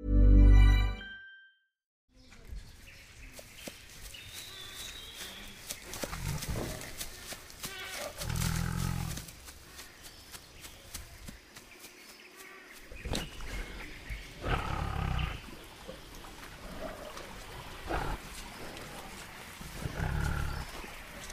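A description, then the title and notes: A jungle ambience opens with a loud, low roar-like animal call for about a second and a half, then a brief silence. After that comes a steady bed of insect buzz and faint bird chirps, broken by repeated low rumbling thumps and soft rustles. Mysterious jungle ambience | beastlands | deep roar | dangerous forest.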